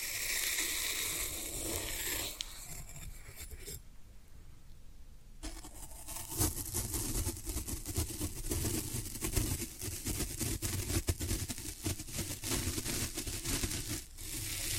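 Floral foam being worked, starting with a dense, bright hissing scrape that fades after about two seconds into a quieter stretch with only a low rumble. From around six seconds a busy, crackling crunch takes over, full of quick clicks and snaps until the end.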